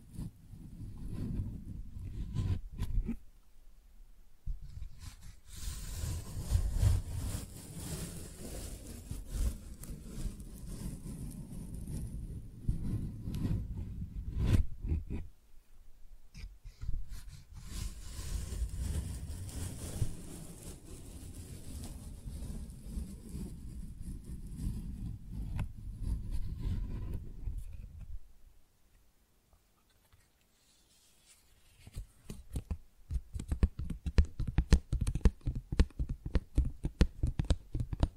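Tingly flower sounds: soft crinkling and rustling in long dense stretches, pausing briefly near 4, 15 and 29 seconds, ending in sparse crisp taps.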